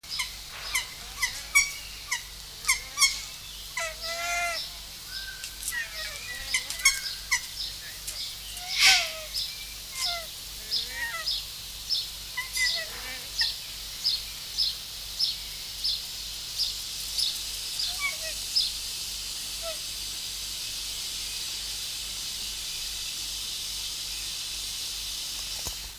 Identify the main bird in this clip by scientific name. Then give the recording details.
Branta sandvicensis. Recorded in captivity. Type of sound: call. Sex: pair. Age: adult. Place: Zoo Berlin, Berlin, DE. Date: 1999-06-23 16:59. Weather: fair, 16-17°C. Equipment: Sony WM-D6C, Sennheiser MKH 416 T, Kopie Uher 4000 Report Monitor. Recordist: Tembrock, Günter. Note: Paar: bewegt sich zum Kakadu-Gehege, dabei Laute